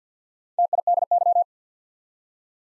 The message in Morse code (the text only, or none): TIDY